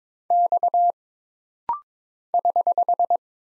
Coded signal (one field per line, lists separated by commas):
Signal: Morse code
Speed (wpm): 22 wpm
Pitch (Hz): 700 Hz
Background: none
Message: X <HH>